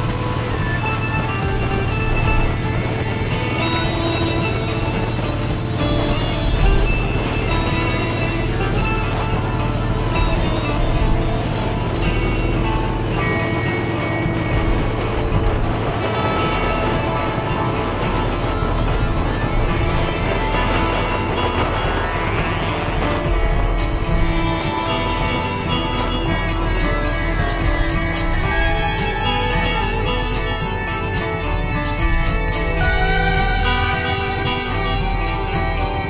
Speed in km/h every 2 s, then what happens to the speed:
66, 66, 66, 68, 66, 66, 64, 60, 55, 53, 42, 37, 32, 27, 24, 18, 19, 15.
0-13 steady at about 66. 13-36 slows to 15.